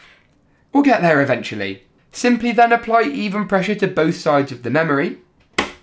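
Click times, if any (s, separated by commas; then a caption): 5.6 s. Someone talks while the first RAM memory module is pressed evenly on both ends into a motherboard DIMM slot. A single sharp click sounds at 5.6 s as the retention clips snap shut and the module seats in place.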